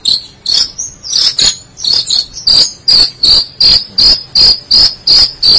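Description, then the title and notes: Shrike song: a series of short, harsh, buzzy notes around a high pitch, repeated about three times a second in a steady chattering rhythm. Local Indonesian name 'pentet'; recording labelled 201703. "Suara burung pentet"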